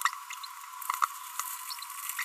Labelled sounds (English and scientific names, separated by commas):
Green-rumped Parrotlet (Forpus passerinus) babbling